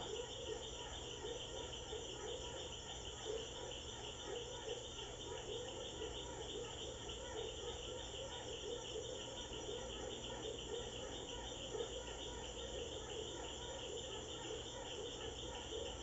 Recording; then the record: honeybee defence experiment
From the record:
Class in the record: control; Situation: empty test tube, no live specimens